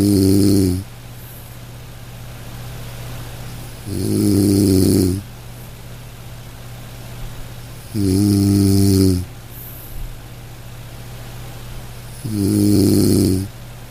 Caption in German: Entspannung mit dem Klang des Schnarchens den sanften und rhythmischen Geräuschen des Schnarchens. Das monotonale Brummen.